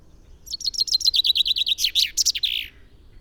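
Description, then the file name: Common chaffinch song, about two seconds of quick, cheerful notes tumbling down the scale into a final rattling flourish. "Fringilla coelebs"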